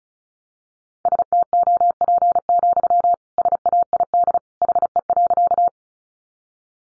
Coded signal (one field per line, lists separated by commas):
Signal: Morse code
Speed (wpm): 34 wpm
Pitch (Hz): 700 Hz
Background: none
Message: STOP, SAID HE.